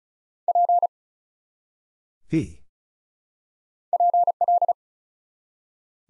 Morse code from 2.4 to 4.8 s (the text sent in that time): PL